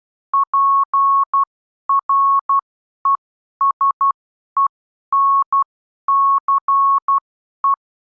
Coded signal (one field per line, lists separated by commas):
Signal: Morse code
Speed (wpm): 12 wpm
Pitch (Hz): 1100 Hz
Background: none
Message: PRESENCE